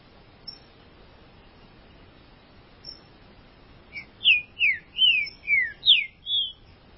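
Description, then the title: Green-winged saltator song: after a quiet start, a phrase of six or seven rich whistles, most sliding downward. "Trinca Ferro"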